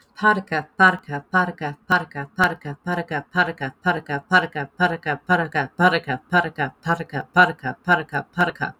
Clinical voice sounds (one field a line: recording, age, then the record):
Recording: repeated syllables /pa ta ka/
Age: 20 to 29 years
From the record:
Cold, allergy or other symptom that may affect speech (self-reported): no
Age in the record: 22 years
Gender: other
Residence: United States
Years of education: 16